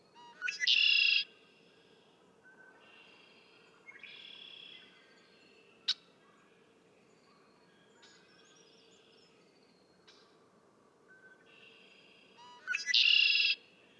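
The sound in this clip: Red-winged blackbird: two loud songs, each a brief stuttering lead-in followed by a harsh buzzy trill, with quieter songs and a sharp click between them.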